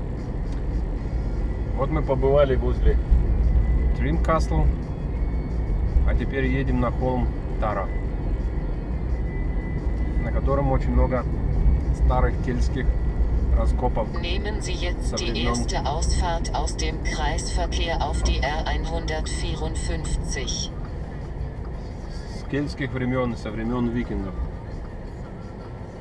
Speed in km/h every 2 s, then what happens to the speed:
35, 34, 33, 34, 35, 35, 34, 35, 33, 24, 9, 7, 2.
0-16 steady at about 34. 16-26 slows to 2.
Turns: none.